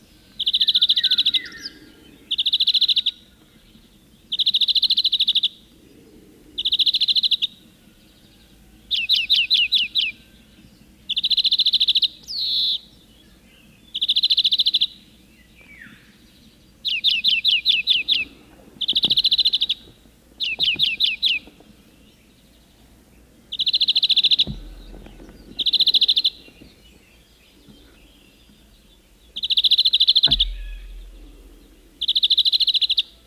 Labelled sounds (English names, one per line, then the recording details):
European Greenfinch song
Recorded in the wild
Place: Ciucurova, Dobrogea, RO
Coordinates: 44.933, 28.483
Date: 1976-05-30 04:55
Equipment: Nagra III BH, Sennheiser MD 21, parabola
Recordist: Schubert, Michael